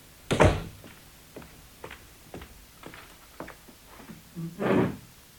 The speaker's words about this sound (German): Plötzlich dreht er sich um, stürzt aus dem Zimmer und wirft die Tür hinter sich zu.